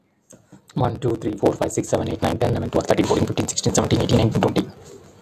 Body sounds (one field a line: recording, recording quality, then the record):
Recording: counting at a fast pace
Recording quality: excellent, no background noise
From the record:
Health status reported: healthy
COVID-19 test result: not tested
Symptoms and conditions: none ticked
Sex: male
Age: 50 years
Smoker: not ticked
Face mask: not worn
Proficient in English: yes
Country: India